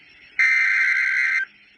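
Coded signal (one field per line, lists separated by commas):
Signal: Emergency Alert System (SAME) tones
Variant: header bursts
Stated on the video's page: Rare fire warning received from AMA, audio only.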